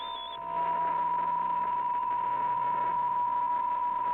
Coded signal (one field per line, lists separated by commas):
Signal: PSK63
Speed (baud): 62.5 baud